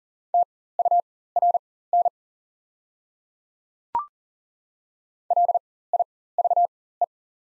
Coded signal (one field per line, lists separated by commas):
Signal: Morse code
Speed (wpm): 40 wpm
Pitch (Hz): 700 Hz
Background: none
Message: TURN LIVE